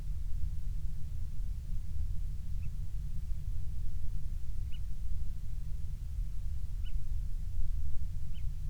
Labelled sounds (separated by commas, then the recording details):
bird
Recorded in the Prudhoe Bay oil fields, Alaska, on 12 July 2019 at 02:24
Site 16